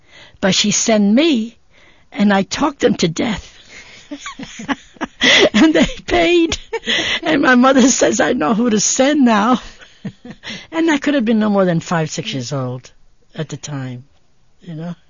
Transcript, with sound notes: But she sent me, and I talked them to death. (they laugh) And they paid. And my mother says, "I know who to send now." I could have been no more that five, six years old at the time, you know.